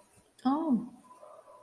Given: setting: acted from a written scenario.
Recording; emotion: vocal sound without words; relief